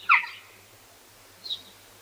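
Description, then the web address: Bird call: one short harsh burst, then after a pause a brief, fainter, higher note, over a low steady hum. "musicradar outdoor-samples Birds"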